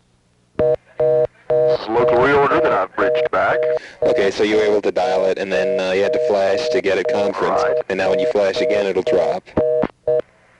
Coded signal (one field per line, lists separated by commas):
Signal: telephone call progress tone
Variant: North America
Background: speech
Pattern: reorder tone